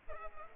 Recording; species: mosquito wingbeat signal from an infrared sensor; Culex pipiens